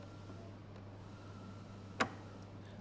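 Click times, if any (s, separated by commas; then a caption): 2.0 s. A kiss cut tool for a JWEI JCut flatbed cutter is pushed down into the tool holder and turned until it clicks into place at 2.0 s. A single sharp click stands out over a steady low hum, and the tool is seated.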